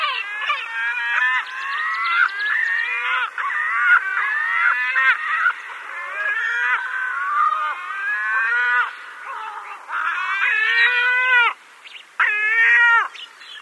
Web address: Armenian Gull